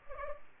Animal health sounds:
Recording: mosquito wingbeat signal from an infrared sensor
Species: Culex pipiens

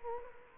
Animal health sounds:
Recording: mosquito wingbeat signal from an infrared sensor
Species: Culex quinquefasciatus

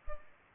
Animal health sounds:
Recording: mosquito wingbeat signal from an infrared sensor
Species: Culex pipiens

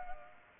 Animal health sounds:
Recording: mosquito wingbeat signal from an infrared sensor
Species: Culex pipiens

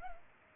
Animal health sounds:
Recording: mosquito wingbeat signal from an infrared sensor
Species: Culex pipiens

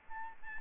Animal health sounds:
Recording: mosquito wingbeat signal from an infrared sensor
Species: Aedes albopictus

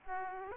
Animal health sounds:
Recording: mosquito wingbeat signal from an infrared sensor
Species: Aedes aegypti

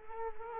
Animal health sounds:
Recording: mosquito wingbeat signal from an infrared sensor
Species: Culex quinquefasciatus

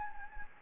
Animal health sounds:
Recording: mosquito wingbeat signal from an infrared sensor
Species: Anopheles gambiae

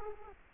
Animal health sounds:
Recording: mosquito wingbeat signal from an infrared sensor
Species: Culex quinquefasciatus

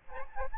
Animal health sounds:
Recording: mosquito wingbeat signal from an infrared sensor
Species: Aedes albopictus

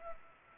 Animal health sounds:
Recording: mosquito wingbeat signal from an infrared sensor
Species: Culex pipiens

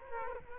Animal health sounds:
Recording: mosquito wingbeat signal from an infrared sensor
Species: Culex quinquefasciatus

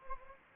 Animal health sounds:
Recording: mosquito wingbeat signal from an infrared sensor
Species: Anopheles gambiae

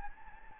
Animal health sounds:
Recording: mosquito wingbeat signal from an infrared sensor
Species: Anopheles gambiae

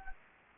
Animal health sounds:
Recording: mosquito wingbeat signal from an infrared sensor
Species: Anopheles gambiae

